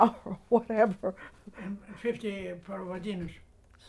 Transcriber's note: laughs